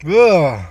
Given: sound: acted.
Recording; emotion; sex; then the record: nonverbal affect burst; disgust; male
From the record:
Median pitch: 152 Hz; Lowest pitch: 72 Hz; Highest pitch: 243 Hz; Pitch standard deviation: 52 Hz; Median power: 78.2 dB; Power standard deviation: 9.7 dB